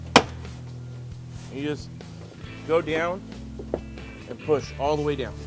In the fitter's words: so you hear them snap.